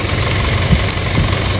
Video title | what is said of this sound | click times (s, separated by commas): FORTUNER LTD DRL Installation | nirinig niyo naman yung click niya katunayan na nag-lock naman siya | 0.9 s